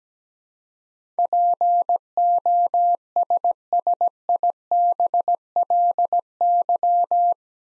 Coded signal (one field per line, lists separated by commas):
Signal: Morse code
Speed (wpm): 17 wpm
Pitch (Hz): 700 Hz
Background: none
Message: POSSIBLY